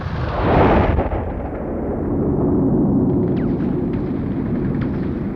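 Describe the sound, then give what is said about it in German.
A sudden, loud roar of artillery fire bursts in over the trenches and settles into a heavy, continuous rumbling barrage, with faint crackles and pops scattered through the din. No voices. “Da dröhnte es plötzlich los. furchtbarer als ein Donnerschlag.”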